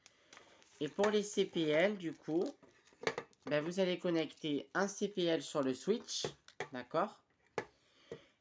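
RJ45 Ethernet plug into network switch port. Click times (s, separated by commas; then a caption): 0.1 s. A yellow Ethernet cable's RJ45 plug is pushed into a port on a network switch during patching, giving a small click at 0.1 s as the plug latches in and seats. Someone then talks for the rest of the clip.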